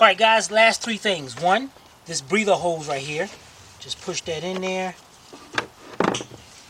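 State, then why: Seated. A plastic breather hose end is pushed into its fitting on the valve cover of a Trailblazer, Ascender, Rainier, Bravada or Envoy during a valve cover gasket replacement. Someone talks, then a sharp click at 5.6 s marks the hose snapping into place and seating, followed by another brief click at 6.0 s.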